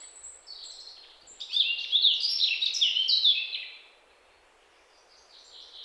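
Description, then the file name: European robin song, faint high notes building into a loud rapid burst of liquid warbles and trills, followed by a quiet gap and soft notes. "Erithacus rubecula"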